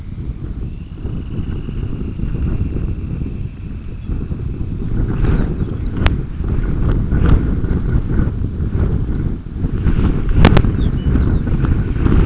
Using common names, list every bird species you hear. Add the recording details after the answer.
Dunlin, Lapland Longspur. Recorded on Arctic tundra, site UTQI-5, on 26 June 2018. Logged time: 20:00